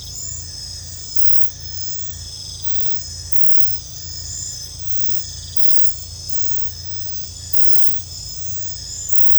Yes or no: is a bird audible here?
no